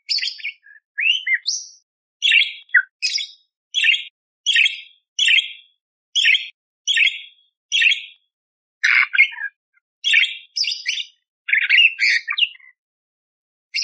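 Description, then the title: Budgerigar chattering song: a steady series of short, harsh, scratchy chirps, broken by a couple of brief pauses, with no other sounds. Lively, clear budgerigar song used to tutor songbirds, full of rough 'tembakan' shot-style phrases, suited for magpie-robins. "Masteran Burung Parkit Gacor Jernih Isian Tembakan Kasar Cocok Buat Kacer"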